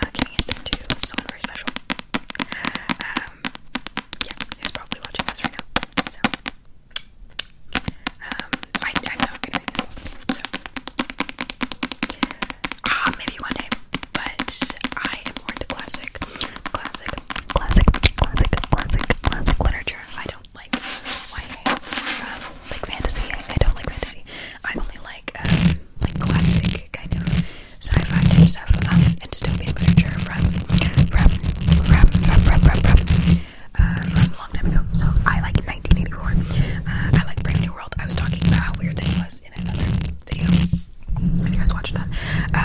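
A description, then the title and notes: Scratching and brushing on a fluffy, foam-covered microphone, dense and irregular, with quick nail strokes and taps throughout. The first half is softer and thinner; from about seventeen seconds the rubbing grows louder and fuller, with heavy low pumping thumps after twenty-five seconds. ASMR Mic Triggers, scratching, fluffy mic, foam cover, mic pumping, tapping, nail sounds, rambling.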